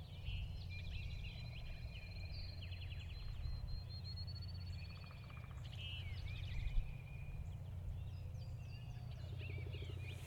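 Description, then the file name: Birds calling: quiet, overlapping chirps, slurred whistles and brief trills from several birds over a steady low hum. Field birds near a lake in early spring, 1 April 2017, recorded with an SD 702. "freesound Early Spring Field Birds"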